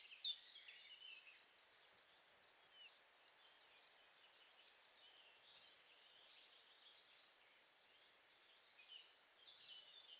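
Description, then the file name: European robin giving high, thin, drawn-out whistled calls, two notes three seconds apart, with soft background bird chatter and a couple of sharp ticks near the end. "Erithacus rubecula"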